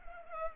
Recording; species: mosquito wingbeat signal from an infrared sensor; Culex pipiens